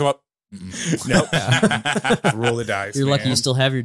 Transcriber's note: laughing